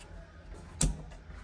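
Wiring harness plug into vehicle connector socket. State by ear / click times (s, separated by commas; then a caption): seated / 0.8 s. A plug-and-play wiring harness connector for an aftermarket mirror accessory on a Toyota Hyryder is pushed back into its mating vehicle connector socket after being opened. A single sharp click is heard at 0.8 s over a quiet background, and the connector is locked in place.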